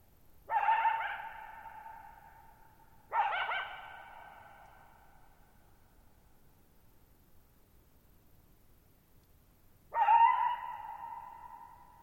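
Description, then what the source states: Coyote giving three loud barks, two close together and one after a long pause, each ringing out in a long echo. Lone coyote, night of July 14, 2019, Thirtymile Meadows, Okanogan National Forest, Pacific Northwest, 6400 ft; shallow-bowl meadow on dry high plateau, boggy ground, very low noise.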